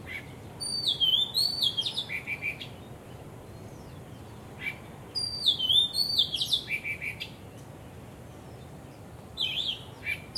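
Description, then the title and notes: Bird song with three loud bursts of fast, high warbled whistles, about four seconds apart, and thin chirps between them. Birds singing vigorously at Wu Kai Sha, Hong Kong, on 15 December 2006; recorded with AKG condenser microphones in XY stereo. "香港 烏溪沙 雀鳥勁唱歌 Date: 15 December 2006"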